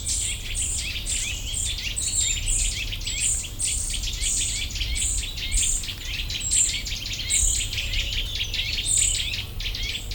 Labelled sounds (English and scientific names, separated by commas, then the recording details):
Eurasian Nuthatch (Sitta europaea) call
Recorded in the wild
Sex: group
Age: diverse
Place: Potsdam-Telegrafenberg, Brandenburg, DE
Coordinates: 52.3814, 13.0644
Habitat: park
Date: 1996-06-07 19:16
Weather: sunny
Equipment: Sony MD-WM MZ-R3, Sennheiser MKH 416 T, Kopie Uher 4000 Report Monitor
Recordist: Tembrock, Günter